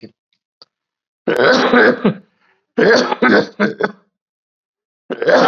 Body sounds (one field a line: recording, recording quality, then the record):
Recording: shallow voluntary cough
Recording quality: excellent, no background noise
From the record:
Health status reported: COVID-19 positive, mild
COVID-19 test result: positive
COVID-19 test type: rapid antigen test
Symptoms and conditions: cough, another respiratory illness, hypertension, diabetes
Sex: male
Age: 60 years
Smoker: no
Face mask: worn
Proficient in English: yes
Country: India